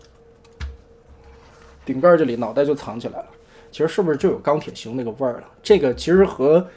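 A plastic panel on a transforming toy robot, after being rotated 180 degrees, is pressed into a slot at the front, and its plastic clip gives a sharp click at 0.6 s as it fastens. The panel is seated, and afterwards someone talks.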